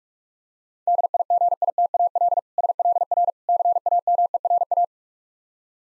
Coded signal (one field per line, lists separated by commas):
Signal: Morse code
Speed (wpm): 46 wpm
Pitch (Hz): 700 Hz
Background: none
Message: DIGITAL SLR CAMERA